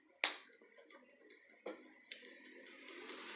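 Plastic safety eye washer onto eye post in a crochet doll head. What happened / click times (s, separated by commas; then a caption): The plastic washer snapped onto the post / 0.2 s. A plastic locking washer is pushed onto a plastic safety eye post from inside a crocheted amigurumi doll head, pressing the crochet against the eye, and it snaps on with a sharp click at 0.2 s. Softer handling sounds follow, with a small tick at 2.1 s, and the washer is seated.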